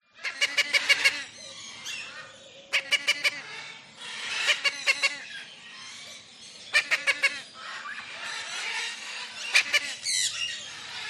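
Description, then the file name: Lilac-crowned amazon squawking in rapid bursts of several harsh notes, the bursts repeating every two seconds or so, against busy background parrot chatter. One lilac-crowned amazon squawking close up in a large tropical aviary, with other parrots in the background. "zapsplat. tropical large avery parrots doves in bg one lilac crowned amazon parrot close up squawks"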